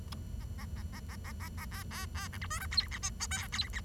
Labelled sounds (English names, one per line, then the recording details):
Bengalese Finch song
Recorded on 23 June 2012 at 09:52
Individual gr41rd51